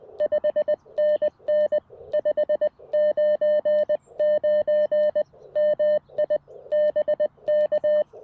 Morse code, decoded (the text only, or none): 5NN 599 MI BK